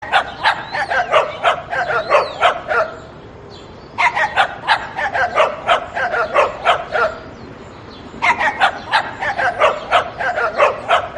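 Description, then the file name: Dog barking in rapid bursts of sharp, yelping barks, three volleys separated by short pauses, with a steady hiss of background noise. "Dog Tone"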